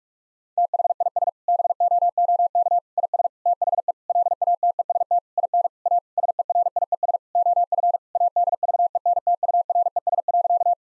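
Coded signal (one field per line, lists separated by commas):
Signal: Morse code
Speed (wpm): 46 wpm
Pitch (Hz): 700 Hz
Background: none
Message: THIS BOOK IS THE LATEST IN A SERIES OF ADVENTURES.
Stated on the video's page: Morse drill at 45 wpm of sentences containing common seven-word phrases, sent, spoken, then sent again.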